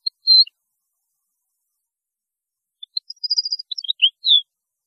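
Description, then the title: European goldfinch twittering: a single thin note, a long pause, then a quick tumble of high chirps and a short trill ending in a clear falling note. "Chant Chardonneret"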